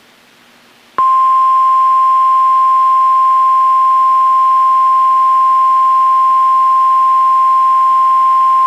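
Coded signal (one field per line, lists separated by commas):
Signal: Emergency Alert System (SAME) tones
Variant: 1050 Hz attention tone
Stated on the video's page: NOAA Weather Radio required weekly test on KHB32, audio recorded directly from a weather radio via aux cord.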